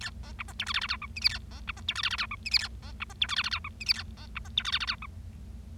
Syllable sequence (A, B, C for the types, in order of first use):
A B C D E F G G H I J K A B C D E F G G H I J K A B C D E F G G H I J K A B C D E F G G H I